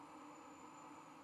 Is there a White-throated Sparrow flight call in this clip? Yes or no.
no